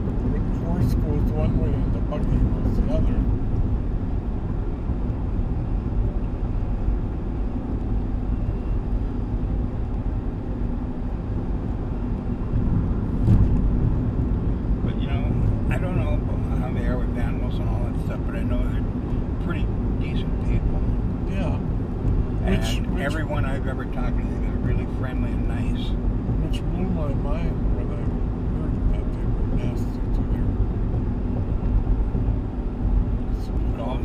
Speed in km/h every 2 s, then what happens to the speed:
76, 76, 77, 77, 77, 77, 78, 78, 78, 79, 79, 79, 78, 78, 78, 79, 79.
0-34 steady at about 78.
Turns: none.